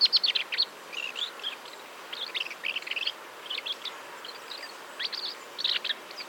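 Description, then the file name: Common blackbird uttering repeated groups of high, scratchy chirps in short bursts every second or so over steady background hiss. "Turdus merula"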